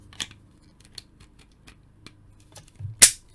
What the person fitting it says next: and it snaps into place